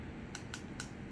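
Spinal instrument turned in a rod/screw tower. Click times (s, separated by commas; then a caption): 0.3 s, 0.5 s, 0.8 s. A metal spinal surgery instrument is turned in a rod/screw tower, advancing the screw or rod until it reaches its stop. Three short, sharp clicks sound at 0.4, 0.5 and 0.8 seconds over a low background hum. The clicks confirm it is done: one is enough, and two or three confirm it, so the screw or rod is not lost.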